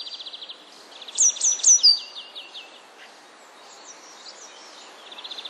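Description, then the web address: Eurasian blue tit calls: buzzy scolding trills of rapid pulses alternating with a few clear, high, falling notes, the trill returning at the end. "wroblowe teka modraszkoteka"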